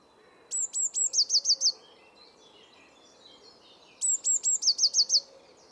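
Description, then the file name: Eurasian blue tit singing two phrases of thin piercing notes that run into a rapid trill of about four notes, over a faint low rumble. "Cyanistes caeruleus"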